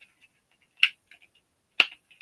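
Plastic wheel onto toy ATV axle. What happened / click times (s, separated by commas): Plastic wheel snaps onto its axle / 0.8 s, 1.8 s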